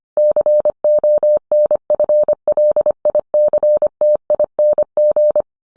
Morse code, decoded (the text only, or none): CONFLICTING